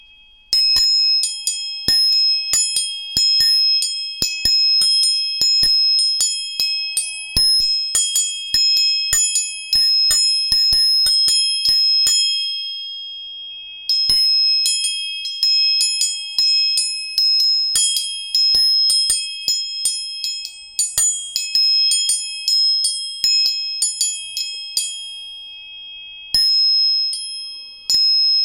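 Three tuning forks are struck again and again, each hit a bright metallic tap followed by high ringing tones that overlap and hang in the air. A lower hum joins now and then. Around the middle the strikes stop briefly and the ringing fades before tapping resumes.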